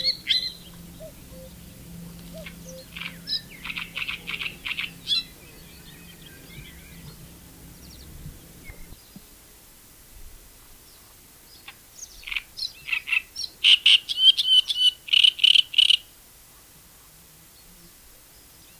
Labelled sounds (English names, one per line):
Great Reed Warbler song